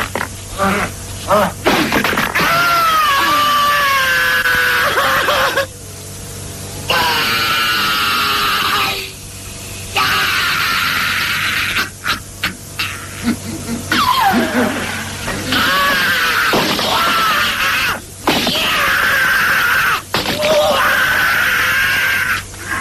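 A man screams and groans in pain in a film scene, loud strained cries rising and falling in pitch, broken by short gasping pauses and occasional thuds, with no other talking.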